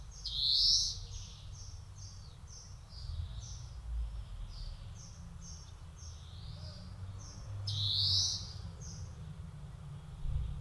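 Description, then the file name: European greenfinch calls: two sharp rising notes several seconds apart, linked by a steady series of soft, quick chips, with low background rumble. "Chloris chloris"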